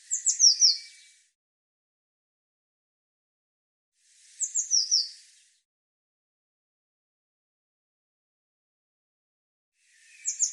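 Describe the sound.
Eurasian blue tit repeating a short burst of high, descending, tinkling notes three times, the last cut off, with silence in between.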